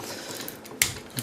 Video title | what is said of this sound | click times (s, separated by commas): MT-01 MONOCRAT MEGATANK Review (Transformers Bumblebee Movie Megatron) | Bend the arms like that, and they're actually going to snap into place. | 0.8 s